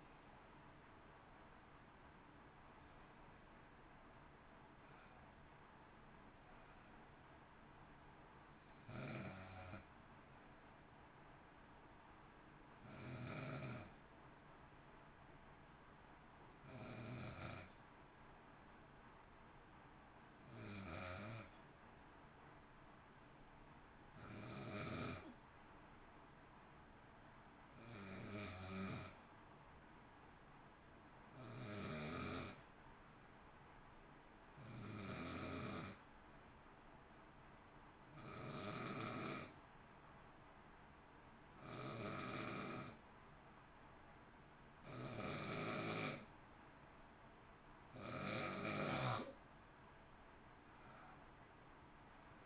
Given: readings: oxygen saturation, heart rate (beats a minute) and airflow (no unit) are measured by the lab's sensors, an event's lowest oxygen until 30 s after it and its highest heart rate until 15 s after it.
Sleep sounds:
breathing in sleep by a voice recorder at the bedside; 1
7.00-37.00 s: new sleep stage, N1 (lightest sleep)
17.00-45.90 s: hypopnea (N1, oxygen 95% highest, then 90% lowest, heart rate 52 at the start, 60 highest)
37.00-52.46 s: new sleep stage, N2 (light sleep)
From the record:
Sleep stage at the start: N2 (light sleep); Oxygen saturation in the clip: 88 to 95%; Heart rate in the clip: 52 to 63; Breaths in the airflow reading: 17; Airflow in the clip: -0.7 to 1.1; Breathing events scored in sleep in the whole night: 328 in 6.3 hours asleep

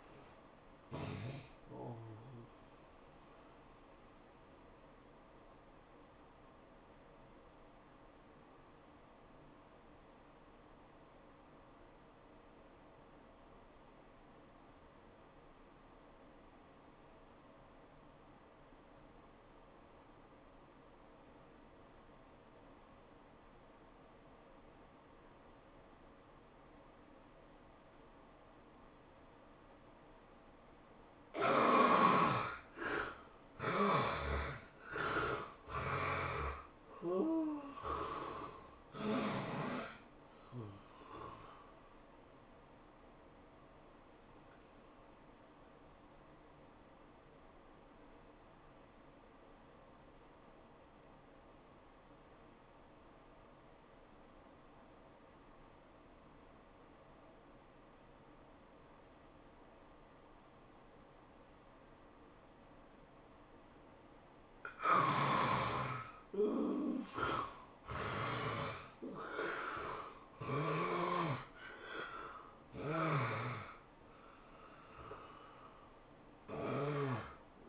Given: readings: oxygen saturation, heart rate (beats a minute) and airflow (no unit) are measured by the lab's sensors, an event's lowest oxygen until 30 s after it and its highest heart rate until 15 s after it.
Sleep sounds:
breathing in sleep by a voice recorder at the bedside; 2
10.00-32.90 s: obstructive apnea (N1, oxygen 93% highest, then 71% lowest, heart rate 85 at the start, 105 highest)
48.00-63.30 s: obstructive apnea (N1, oxygen 96% highest, then 75% lowest, heart rate 90 at the start, 107 highest)
From the record:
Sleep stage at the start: N1 (lightest sleep); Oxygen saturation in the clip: 70 to 96%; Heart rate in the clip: 70 to 109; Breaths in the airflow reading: 12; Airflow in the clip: -16.5 to 13.6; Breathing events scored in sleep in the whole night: 403 in 5.5 hours asleep

